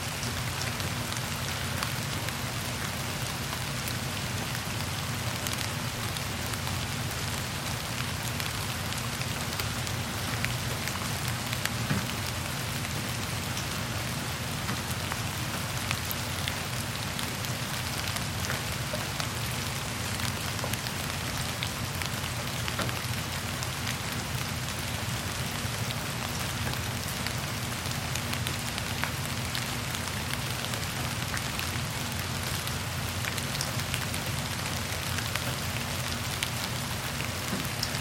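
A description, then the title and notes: Heavy rain pours steadily in a forest, a dense unbroken hiss of drops with a low constant rumble beneath, unchanging throughout. Rain Sounds for Sleeping - Sound of heavy Rainstorm In The Misty Forest.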